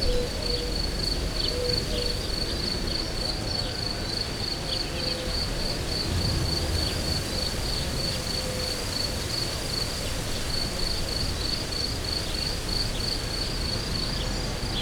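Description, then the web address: Cricket with a continuous train of fast high chirps, steady for the whole stretch, over a hissy, rumbling background. Professional nature recording at Hortobágy, 2014. "allathangok termeszetben tucsok professzionalis 2014 elhaladorepulo fecskek hortobagy"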